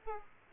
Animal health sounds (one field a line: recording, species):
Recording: mosquito wingbeat signal from an infrared sensor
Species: Aedes aegypti